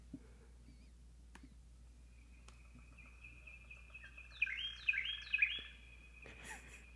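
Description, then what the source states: Carolina Wren song: after several quiet seconds, three quick rolling whistled phrases near the end, with scattered clicks and a steady low hum. Played recording; hosts describe the song as 'tweedledee, tweedledee, tweedledee'.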